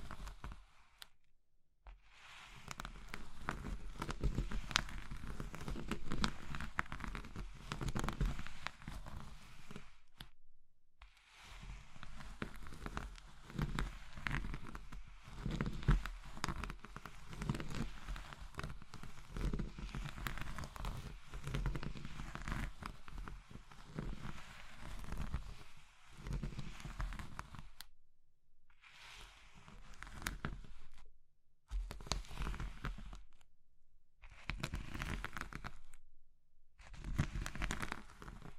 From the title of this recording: Oddly Satisfying Crushing Triggers Soap, Chalk, Meringue, Pastel